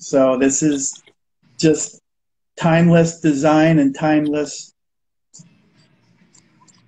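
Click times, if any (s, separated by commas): 5.4 s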